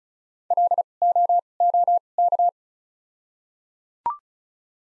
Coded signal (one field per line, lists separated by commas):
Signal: Morse code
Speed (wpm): 36 wpm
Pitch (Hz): 700 Hz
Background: none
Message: L O O K